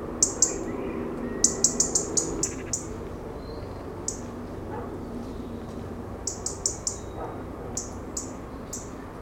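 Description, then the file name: European robin calls: sharp high ticking notes in quick bursts and singly, with irregular pauses, over a low background rumble. "Erithacus rubecula"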